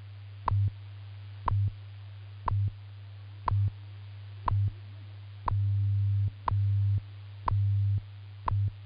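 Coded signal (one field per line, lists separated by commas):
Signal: radio time signal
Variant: WWV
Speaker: at the tone 12 hours one minute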